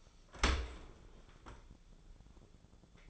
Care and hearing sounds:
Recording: daily activity, microphone in the room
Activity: open dishwasher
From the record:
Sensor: 5

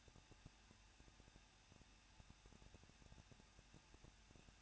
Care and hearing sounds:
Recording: daily activity, microphone in the room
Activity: no activity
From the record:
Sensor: 2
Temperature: 21.0 degrees Celsius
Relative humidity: 37.3%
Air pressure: 1006.4 hPa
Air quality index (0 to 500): 221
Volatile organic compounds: 23 ppm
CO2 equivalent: 2786 ppm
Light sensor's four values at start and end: 2/3/2/2 and 2/3/2/2

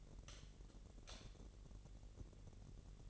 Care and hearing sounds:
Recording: daily activity, microphone in the room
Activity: light off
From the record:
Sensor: 4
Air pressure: 1012.8 hPa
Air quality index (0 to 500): 250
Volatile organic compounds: 4 ppm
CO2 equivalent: 1687 ppm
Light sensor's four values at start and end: 16/41/16/17 and 14/32/13/13

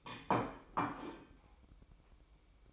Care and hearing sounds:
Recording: daily activity, microphone in the room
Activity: place plate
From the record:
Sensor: 1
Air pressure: 1007.5 hPa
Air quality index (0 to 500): 76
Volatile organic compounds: 1 ppm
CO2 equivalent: 664 ppm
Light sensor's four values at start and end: 7/18/7/8 and 7/18/7/8

